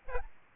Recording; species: mosquito wingbeat signal from an infrared sensor; Aedes albopictus